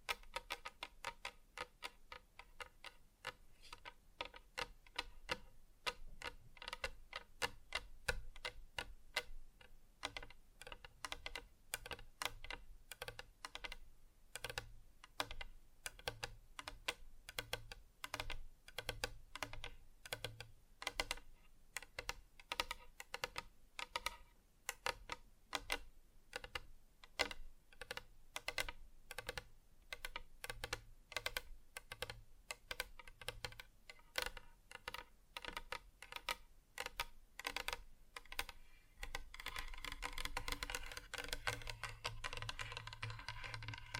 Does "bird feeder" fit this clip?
no